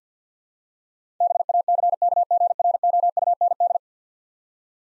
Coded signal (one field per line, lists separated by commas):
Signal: Morse code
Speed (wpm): 50 wpm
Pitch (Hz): 700 Hz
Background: none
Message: BACKGROUND